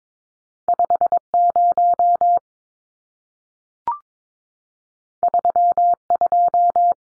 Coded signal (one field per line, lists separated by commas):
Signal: Morse code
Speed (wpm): 22 wpm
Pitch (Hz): 700 Hz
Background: none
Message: 50 32